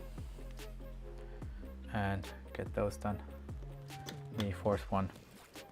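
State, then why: Not seated. A printed part is being fitted into its mounting points on a Voron v0.2 3D printer build from a Fysetc 0.2r1 Pro Kit, with the first three of four points lined up and the fourth still to go. Music plays while someone talks, with a few faint ticks of handling around 0.5, 1.4, 3.5 and 4.1 seconds. Nothing has seated or clicked yet.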